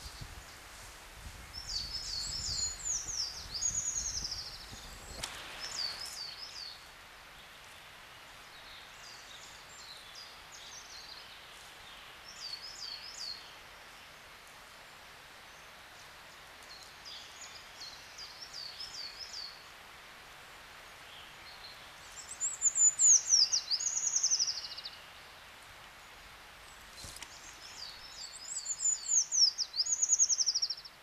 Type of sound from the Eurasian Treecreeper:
song